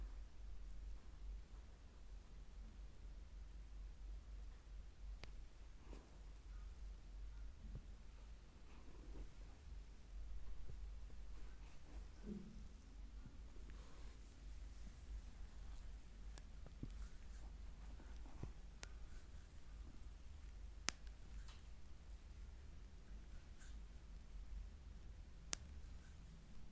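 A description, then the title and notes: A foot massage: soft, quiet rubbing and rustling over a steady low hum and faint hiss. Sharp little clicks or taps break through now and then, clearest near 5, 17, 21 and 25 seconds, with a brief fuller rub around 12 seconds. ASMR relaxing foot massage.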